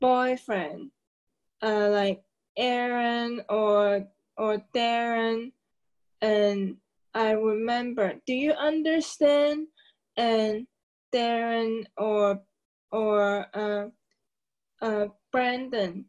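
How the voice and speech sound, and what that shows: An adult woman, a stroke survivor with aphasia, speaks slowly and haltingly. Long pauses and drawn-out fillers break up her speech, and she gropes between similar names ("Aaron or Darren… Darren or Brandon"). The effortful, broken flow reflects word-finding difficulty.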